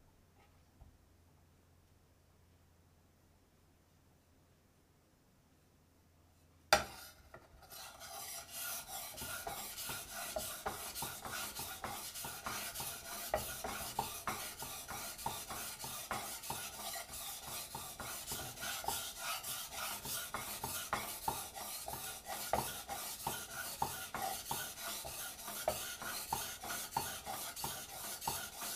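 A knife is sharpened on a stone. The first seven seconds are nearly silent apart from a low hum, then a sharp knock starts a steady run of quick, rasping strokes that continue evenly and brightly to the end.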